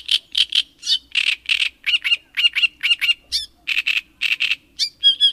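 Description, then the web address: Great reed warbler singing a rough, croaking chatter of paired and tripled notes, broken by a few thin rising squeaks and a whistled flourish at the end. "agykontroll Madardalok Cd 3. Nádirigó"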